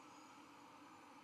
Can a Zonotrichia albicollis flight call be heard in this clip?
no